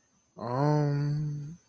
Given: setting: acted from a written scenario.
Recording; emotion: vocal sound without words; serenity